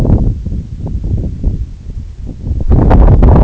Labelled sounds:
none
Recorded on Arctic tundra, site NAIT-1, on 2 July 2019
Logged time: 02:00

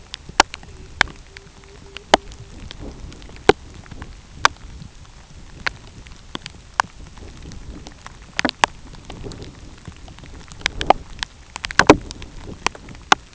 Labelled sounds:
Pectoral Sandpiper
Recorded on Arctic tundra, site UTQI-2, on 13 June 2019
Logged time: 12:00

